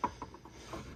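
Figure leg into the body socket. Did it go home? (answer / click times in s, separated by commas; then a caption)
no / none. A plastic leg of a large dinosaur figure, a 2021 Mattel Jurassic World toy, is being handled and pushed toward the peg of the figure's body socket. A sharp tap at 0.0 s is followed by fainter knocks and a soft rubbing scrape toward the end. The leg has not snapped in yet, and nothing has seated.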